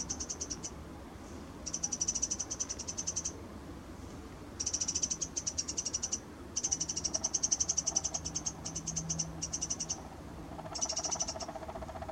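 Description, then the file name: Eurasian wren giving high, rapid ticking rattles in repeated bursts throughout, with a faint lower pulsing sound near the end. "Troglodytes troglodytes"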